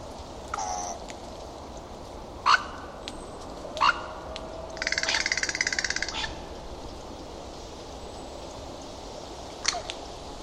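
Bird calls: a few sharp single notes, then a rapid buzzy pulsed call lasting about a second, followed by a late short note over a quiet hiss.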